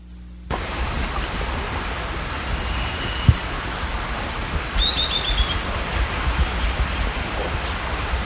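Bird call: a short burst of quick, high chirps that step downward, over a constant broad hiss of background noise.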